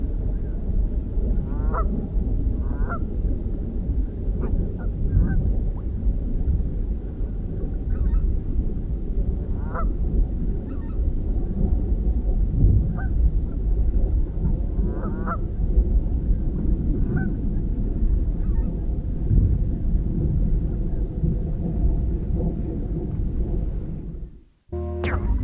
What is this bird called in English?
Canada Goose